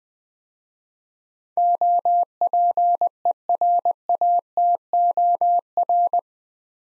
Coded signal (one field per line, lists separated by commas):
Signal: Morse code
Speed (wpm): 20 wpm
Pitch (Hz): 700 Hz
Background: none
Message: OPERATOR